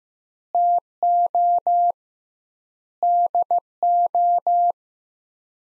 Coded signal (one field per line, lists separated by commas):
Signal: Morse code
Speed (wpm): 15 wpm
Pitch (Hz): 700 Hz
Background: none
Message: TO DO